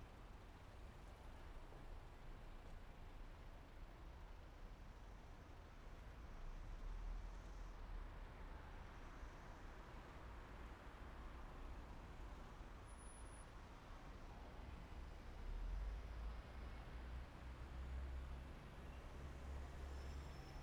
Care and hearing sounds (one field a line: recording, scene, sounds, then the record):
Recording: everyday scene through a hearing-aid microphone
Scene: in traffic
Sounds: traffic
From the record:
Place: main city hub, rush hour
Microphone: behind the ear, right, rear